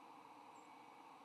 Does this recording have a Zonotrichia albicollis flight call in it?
no